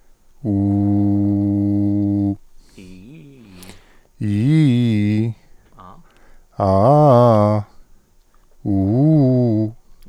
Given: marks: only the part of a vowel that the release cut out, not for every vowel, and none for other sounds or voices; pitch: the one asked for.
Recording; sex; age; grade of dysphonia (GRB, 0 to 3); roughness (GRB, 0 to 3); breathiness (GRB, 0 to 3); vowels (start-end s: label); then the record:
sustained vowels; male; 30 to 39 years; 1; 1; 1
0.54-2.23 s: vowel /u/, low pitch
4.25-5.21 s: vowel /i/, low-high-low pitch
6.63-7.54 s: vowel /a/, low-high-low pitch
8.70-9.62 s: vowel /u/, low-high-low pitch
From the record:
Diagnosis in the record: healthy voice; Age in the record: 31 years